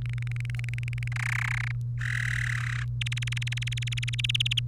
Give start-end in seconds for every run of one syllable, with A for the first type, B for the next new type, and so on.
0.06-1.08 A, 1.12-1.72 B, 2.01-2.83 C, 3.01-4.59 D